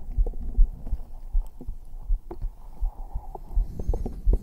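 Soft, muffled low thumps of a heartbeat at about 79 beats a minute, picked up on bare skin by a black 3Dio binaural microphone held against the chest. A faint steady hum and light rustling sit in the background.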